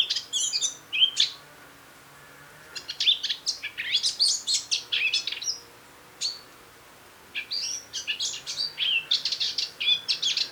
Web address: SETE Sylvia atricapilla